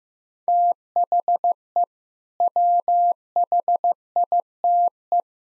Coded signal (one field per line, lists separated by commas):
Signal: Morse code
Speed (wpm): 15 wpm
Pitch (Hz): 700 Hz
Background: none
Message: THE WHITE